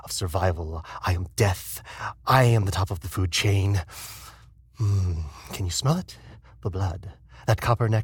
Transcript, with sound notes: Of survival! I am death! I'm the top of the fucking food chain! [TAKES DEEP BREATH] Mmm. Can you smell it? The blood! That copper nectar.